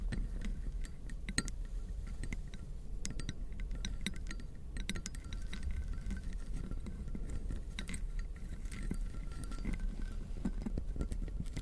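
Small hard objects like crystals, beads or ice tap and click continuously, with bright sharp ticks scattered densely and irregularly across the whole twelve seconds. A low, steady rumble runs underneath throughout, and the level stays fairly even with no pauses.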